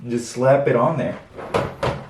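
A monitor is being pushed onto the quick-release VESA mounting plate of a monitor arm while someone talks. Two short handling knocks are heard near the end, around 1.5 and 1.8 seconds. Nothing has seated or clicked yet, as the clip ends just before the monitor locks onto the arm.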